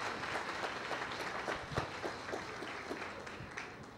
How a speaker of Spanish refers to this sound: Aplauso para estas parejas.